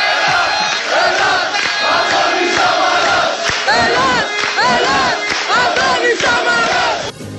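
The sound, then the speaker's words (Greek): A large crowd chants political slogans from the past in loud, rhythmic unison, heard as interference on a radio show, the massed voices rising and falling in repeated shouted phrases with no break for about seven seconds. “Τι γίνεται, συνθήματα από το παρελθόν ακούγονται.”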